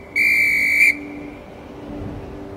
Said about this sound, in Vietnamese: Trên những đám mây, nàng mưa đang huýt sáo tập hợp tất cả giọt mưa lại.